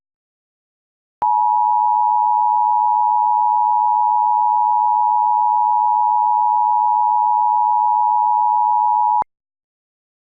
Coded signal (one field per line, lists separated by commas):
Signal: Emergency Alert System (SAME) tones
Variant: 853 and 960 Hz attention tone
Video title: EAS Mini Scenario - Winter's Wrath (With ElectricFanatic)